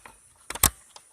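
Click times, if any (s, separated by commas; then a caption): 0.7 s. A hood latch part for a 1998 VW Beetle, its flanges spread a little with a screwdriver, is pushed down into its mount on the car's hood latch assembly during a latch replacement. Two small knocks at 0.5 s lead into a sharp snap at 0.7 s, followed by a faint tick near 1.0 s. The part snaps into place and is held there.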